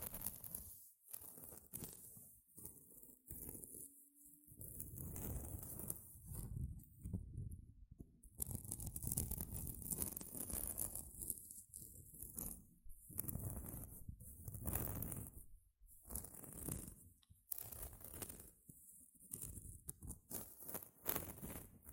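Gentle scratching runs through the clip in soft, irregular bursts, each a dry rasp that rises and fades every second or two. Brief quiet gaps break it up, with firmer strokes around eight, thirteen and seventeen seconds, and a faint low hum underneath.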